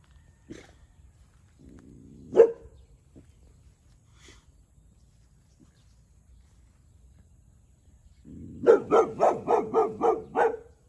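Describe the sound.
Boxer dog giving a few isolated barks and a low grumble early on, then a rapid run of about seven loud barks near the end.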